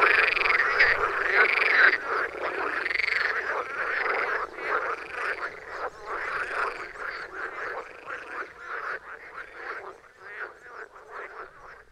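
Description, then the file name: Frogs calling in a rapid chorus of repeated croaks, loud at first and then gradually thinning and fading toward the end. "frogs for wilson"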